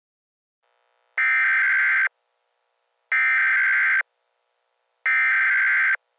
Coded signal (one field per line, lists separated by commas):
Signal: Emergency Alert System (SAME) tones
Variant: header bursts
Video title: EAS SCENARIO | America Gone to Hell - Part 2